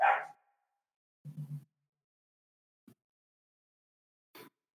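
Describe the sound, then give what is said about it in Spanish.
Female dogs, suddenly going wild, bark in a few separate bursts: a sharp, loud yelp opens, followed by a lower, rumbling double bark and a couple of brief, fainter yips with silence between them. “Y se volvieron locas mis perras, entonces ténganme paciencia para ver qué pasó.”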